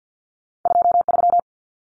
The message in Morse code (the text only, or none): 23